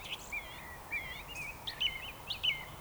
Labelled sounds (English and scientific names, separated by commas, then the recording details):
Eurasian Woodcock (Scolopax rusticola) whistle
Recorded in Baden-Württemberg, Germany, on 14 June 2020 at 19:32 UTC
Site 43791, 788 m above sea level